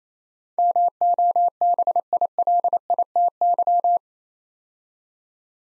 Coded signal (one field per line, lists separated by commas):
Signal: Morse code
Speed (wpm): 29 wpm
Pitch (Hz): 700 Hz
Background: none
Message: MOBILITY